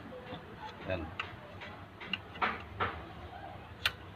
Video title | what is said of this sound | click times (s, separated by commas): how to make a powerful slingshot panah from home | So, nakalock po yan. | 2.1 s, 3.9 s